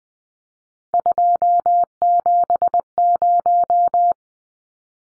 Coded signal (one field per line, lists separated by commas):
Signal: Morse code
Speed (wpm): 20 wpm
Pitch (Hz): 700 Hz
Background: none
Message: 270